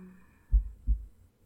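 Two deep, muffled thumps about a third of a second apart form a single lub-dub over a faint low hum. It is one ordinary adult heartbeat, heard with the ear as close as it can be to the heart, too short to give a rate.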